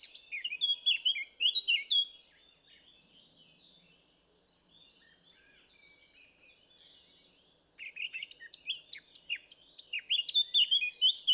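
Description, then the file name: Eurasian blackcap warbling: a fast jumble of fluty and scratchy notes for two seconds, a long quiet gap with soft notes, then a louder, livelier warble returns. "Sylvia atricapilla"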